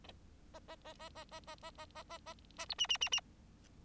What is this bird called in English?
Bengalese Finch